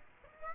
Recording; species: mosquito wingbeat signal from an infrared sensor; Aedes aegypti